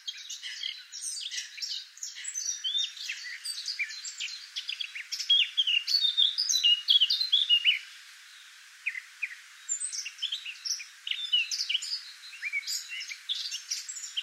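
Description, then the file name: Eurasian blackcap song: a rapid, crowded warble of high chirps and whistles with a short break near eight seconds, heard over steady background hiss. "Sylvia atricapilla"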